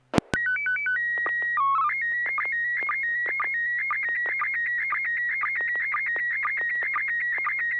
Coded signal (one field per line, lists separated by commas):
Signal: SSTV (slow-scan television)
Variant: PD 120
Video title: N6NA SSTV Net - 09/25/2024